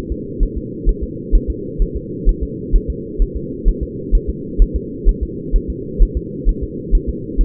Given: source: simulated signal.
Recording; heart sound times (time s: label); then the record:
fetal heart sounds
0.12 s: S2
0.43 s: S1
0.57 s: S2
0.89 s: S1
1.03 s: S2
1.35 s: S1
1.50 s: S2
1.82 s: S1
1.97 s: S2
2.29 s: S1
2.43 s: S2
2.75 s: S1
2.90 s: S2
3.22 s: S1
3.37 s: S2
3.69 s: S1
3.83 s: S2
4.15 s: S1
4.30 s: S2
4.62 s: S1
4.76 s: S2
5.09 s: S1
5.23 s: S2
5.56 s: S1
5.70 s: S2
6.02 s: S1
6.17 s: S2
6.49 s: S1
6.63 s: S2
6.95 s: S1
7.09 s: S2
7.41 s: S1
From the record:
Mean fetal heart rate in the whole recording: 130 bpm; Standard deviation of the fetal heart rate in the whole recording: 2 bpm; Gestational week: 38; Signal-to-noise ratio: -4.1 dB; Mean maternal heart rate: no maternal heart sound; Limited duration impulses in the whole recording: absent